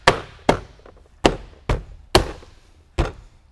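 A door weather strip panel on the window track of a 2016 Honda Civic Sedan, with the window rolled up, is tapped by hand along its length to fully seat it on the door track. Six sharp, short taps land at 0.1, 0.5, 1.3, 1.7, 2.2 and 3.0 seconds, each fading quickly into quiet. The strip ends up fully seated on the door.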